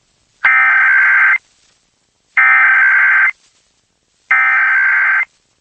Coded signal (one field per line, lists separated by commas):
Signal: Emergency Alert System (SAME) tones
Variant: header bursts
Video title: National EAS Test in PA